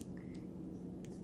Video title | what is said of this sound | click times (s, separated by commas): iPhone XR Screen Replacement Repair- A How To Realistic Full Tutorial | it is I felt and heard it click in | 1.0 s